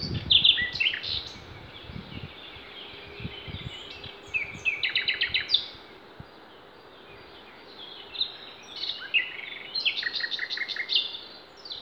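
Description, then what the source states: Songbirds singing, high twittering phrases and short trills coming in bursts, with quieter gaps and a steady hiss of background noise. Songbirds singing in Demerje forest on 28 April 2020.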